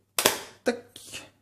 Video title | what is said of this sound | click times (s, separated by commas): Découvrez la tablette Surface RT de Microsoft ainsi que son Type et Touch Cover | et ça fait clic et ça c'est la petite pub c'est la petite pub Microsoft | 0.2 s